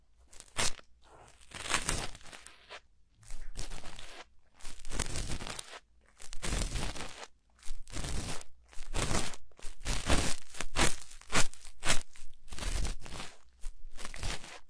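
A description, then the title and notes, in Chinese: Ear cleaning: a run of crunchy, scratchy rubbing strokes, each lasting about half a second to a second, separated by brief silences. The scraping comes in uneven bursts roughly once a second, rough and crackly from low rumble up to bright hiss, with nothing else underneath. 掏耳朵2.0。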